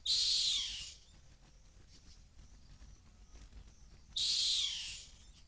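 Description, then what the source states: Rock hyrax making loud, raspy, high-pitched screams that fade downward, two calls about four seconds apart with a quiet interval between. Calling from the edge of a gorge in the Masai Mara.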